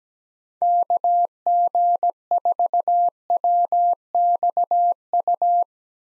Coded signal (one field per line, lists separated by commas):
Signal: Morse code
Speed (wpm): 17 wpm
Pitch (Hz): 700 Hz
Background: none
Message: KG4WXU